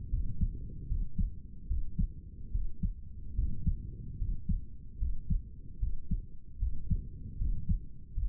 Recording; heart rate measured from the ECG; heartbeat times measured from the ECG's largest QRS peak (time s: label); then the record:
heart sounds by stethoscope; 75 bpm
0.10 s: heartbeat
0.88 s: heartbeat
1.68 s: heartbeat
2.51 s: heartbeat
3.35 s: heartbeat
4.18 s: heartbeat
4.99 s: heartbeat
5.79 s: heartbeat
6.59 s: heartbeat
7.38 s: heartbeat
8.14 s: heartbeat
From the record:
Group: healthy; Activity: cold pressor test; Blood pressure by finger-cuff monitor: 124/76 mmHg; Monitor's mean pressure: 85 mmHg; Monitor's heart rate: 75 bpm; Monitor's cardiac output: 6.4 L/min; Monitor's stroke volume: 83 mL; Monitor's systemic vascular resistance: 980 dyn s/cm5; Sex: male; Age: 35 years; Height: 180 cm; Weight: 86.9 kg